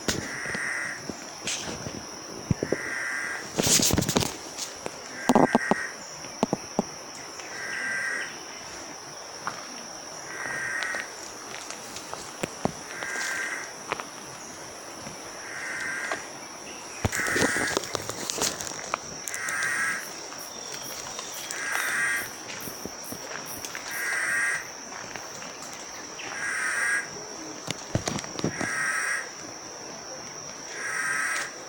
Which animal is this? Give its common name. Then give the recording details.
Willard's Sooty Boubou. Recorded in Bwindi, Uganda